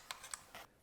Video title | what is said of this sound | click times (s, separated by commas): Tacoma Tailgate Assembly + Service Manual (Toyota 2016-2023) | the lock cylinder when you have it in place you'll hear a refreshing snap | 0.1 s, 0.3 s